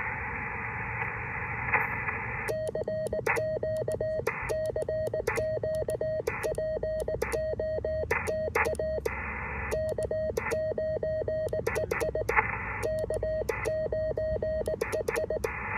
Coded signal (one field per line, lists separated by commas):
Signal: Morse code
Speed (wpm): 19 wpm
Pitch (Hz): 630 Hz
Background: radio noise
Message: CQ CQ POTA K9EI K9EI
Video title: How much fun is CW? K-2260 McCormick's Creek POTA Activation